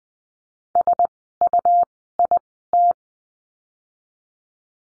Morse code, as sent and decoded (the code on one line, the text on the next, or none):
... ..- .. -
SUIT